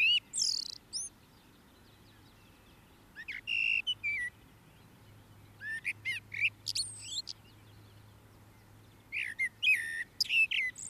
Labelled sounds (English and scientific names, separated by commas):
Common Blackbird (Turdus merula) song